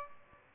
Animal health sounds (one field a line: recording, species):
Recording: mosquito wingbeat signal from an infrared sensor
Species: Aedes albopictus